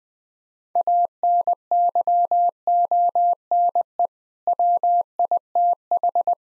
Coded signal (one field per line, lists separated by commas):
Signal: Morse code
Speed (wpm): 20 wpm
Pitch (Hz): 700 Hz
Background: none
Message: ANYONE WITH